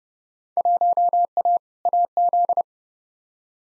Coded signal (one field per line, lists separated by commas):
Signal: Morse code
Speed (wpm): 32 wpm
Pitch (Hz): 700 Hz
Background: none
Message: 1A AZ